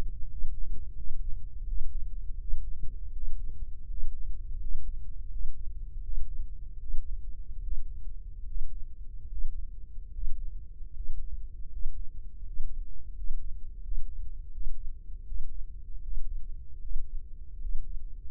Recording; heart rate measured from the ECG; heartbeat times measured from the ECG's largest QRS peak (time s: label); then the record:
heart sounds by microphone in the right ear; 80 bpm
0.30 s: heartbeat
0.96 s: heartbeat
1.66 s: heartbeat
2.39 s: heartbeat
3.12 s: heartbeat
3.88 s: heartbeat
4.59 s: heartbeat
5.30 s: heartbeat
6.02 s: heartbeat
6.79 s: heartbeat
7.62 s: heartbeat
8.46 s: heartbeat
9.29 s: heartbeat
10.12 s: heartbeat
10.93 s: heartbeat
11.69 s: heartbeat
12.44 s: heartbeat
13.14 s: heartbeat
13.82 s: heartbeat
14.51 s: heartbeat
15.25 s: heartbeat
16.01 s: heartbeat
16.80 s: heartbeat
17.59 s: heartbeat
From the record:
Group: healthy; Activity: Valsalva maneuver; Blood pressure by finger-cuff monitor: 130/70 mmHg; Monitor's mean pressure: 83 mmHg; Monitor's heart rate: 81 bpm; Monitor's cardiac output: 7.2 L/min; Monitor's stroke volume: 90 mL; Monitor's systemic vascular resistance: 840 dyn s/cm5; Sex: male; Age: 23 years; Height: 179 cm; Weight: 87 kg